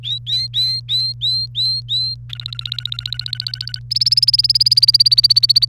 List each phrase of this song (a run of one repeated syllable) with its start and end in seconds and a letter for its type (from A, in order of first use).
0.03-2.15 A, 2.29-3.79 B, 3.91-5.65 C